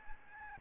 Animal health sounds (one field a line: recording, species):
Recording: mosquito wingbeat signal from an infrared sensor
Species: Aedes albopictus